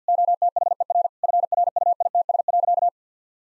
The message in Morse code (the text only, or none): OTHER FRUITS.